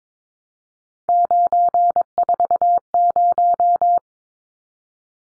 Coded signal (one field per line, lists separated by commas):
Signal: Morse code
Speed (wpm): 22 wpm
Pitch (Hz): 700 Hz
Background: none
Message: 940